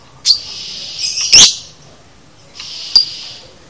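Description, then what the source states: Lovebird producing long buzzy high trills broken by one loud shrill chirp and a short sharp tick. Training recording (masteran) of a lovebird in the konslet chatter style, used to teach birds to chatter.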